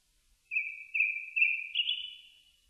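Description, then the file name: Japanese thrush singing one smooth whistled phrase of several linked notes that climbs slightly higher at the close, then fades out. Recorded on 4 May 2001. "010504 kurotugumi"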